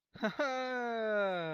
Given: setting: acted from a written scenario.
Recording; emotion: vocal sound without words; elation